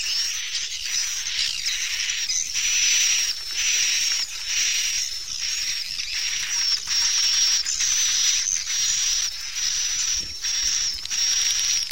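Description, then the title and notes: Swiftlet chirps: hissy, high twittering that swells and fades in pulses about once a second, with a steady whistled tone running throughout. Swiftlet sound used for swiftlet farming in Asia. "Swiflet Bird Sound. Farming Swiflet Bird asia sound"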